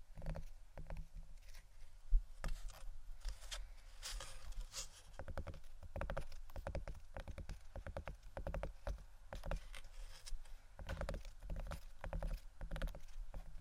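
Wooden items are tapped and scratched in a busy, uneven stream of sharp knocks, some in quick clusters, with a hollow clip-clop quality. Between the taps, brief rough scraping sounds come and go. A strong knock stands out at about two seconds.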